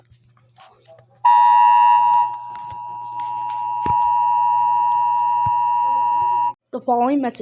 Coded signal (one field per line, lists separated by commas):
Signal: Emergency Alert System (SAME) tones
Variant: 853 and 960 Hz attention tone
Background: speech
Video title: Steve 'N' George EAS Scenario part 4